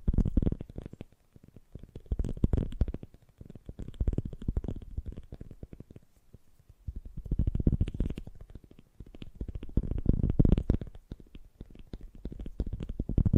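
Fast, gentle tapping runs in soft, dense bursts, each lasting about a second or two, with brief quieter gaps between them. The taps are low and muffled, with little brightness, and their rapid patter swells and fades in loose waves.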